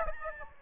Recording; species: mosquito wingbeat signal from an infrared sensor; Aedes albopictus